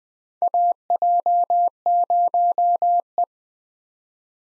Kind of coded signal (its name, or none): Morse code